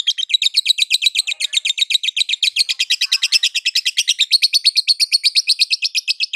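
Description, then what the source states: Lovebird trill: an uninterrupted, fast rattling series of high chirps lasting throughout, even and steady. Lovebird singing in the 'konslet' song style; used as a masteran (training) recording.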